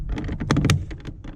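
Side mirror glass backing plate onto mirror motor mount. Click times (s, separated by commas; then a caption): 0.5 s, 0.7 s. On an FJ Cruiser, the side mirror glass with its plastic backing is pressed onto the mirror motor mount after the LED bulb swap. Light plastic handling sounds lead up to sharp snaps at 0.5 s and 0.7 s as the clips click home. The mirror glass is seated on the mount.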